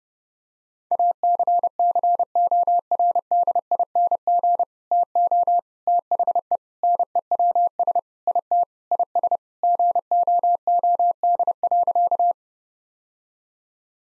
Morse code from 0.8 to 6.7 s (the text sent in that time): ACCORDING TO THE